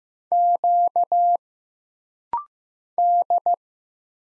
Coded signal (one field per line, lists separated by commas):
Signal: Morse code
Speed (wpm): 15 wpm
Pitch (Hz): 700 Hz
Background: none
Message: Q D